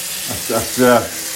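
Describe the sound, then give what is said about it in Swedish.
A steady, hissing rush of tap water filling a bathtub in a bathroom runs throughout, with a voice briefly speaking over it in the middle. “Men nu hör ni att jag spolar upp ett bad.”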